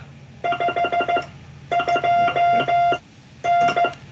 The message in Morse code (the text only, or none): 52N